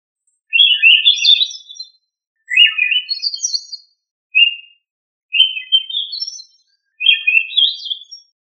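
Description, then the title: Thrush singing, five short high warbled phrases of clear fluttering notes, most about a second long and separated by brief pauses, with no other sounds. "Familia Turdidae - Sabia"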